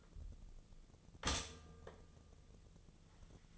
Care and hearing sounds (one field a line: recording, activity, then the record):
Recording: daily activity, microphone in the room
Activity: stop toaster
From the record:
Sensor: 4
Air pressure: 1010.2 hPa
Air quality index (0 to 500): 178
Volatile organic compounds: 5 ppm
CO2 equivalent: 1803 ppm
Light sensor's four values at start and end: 23/70/27/27 and 23/70/27/27